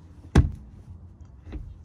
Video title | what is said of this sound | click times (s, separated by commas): 1973 Jensen Interceptor Series III - Rear Hatch | and I guess you hear it pop | 0.4 s